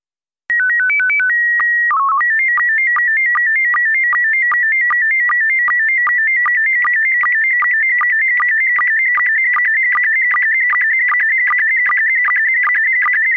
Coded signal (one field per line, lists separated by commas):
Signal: SSTV (slow-scan television)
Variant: PD 50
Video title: Daily Minutes Data - SSTV only